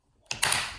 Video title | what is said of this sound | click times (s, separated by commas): How to take apart and assemble a Rubik’s cube | you gotta make sure it clicks in | 0.3 s, 0.4 s